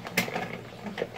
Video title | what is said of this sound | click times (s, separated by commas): How To Play Blowfish Blowup Game | we got it everything's clicked in it's all winged down | 0.2 s